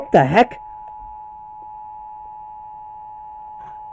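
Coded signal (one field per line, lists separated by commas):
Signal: Emergency Alert System (SAME) tones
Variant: 853 and 960 Hz attention tone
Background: speech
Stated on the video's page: Pennsylvania Required Monthly Test relayed on several radio stations, including 90.5, 100.7 and 99.1 FM.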